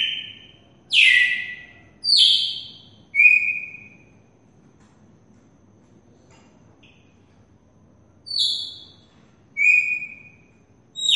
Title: Canto Galo Campina Fêmea. Galo de campina MOSSORÓ só no açoite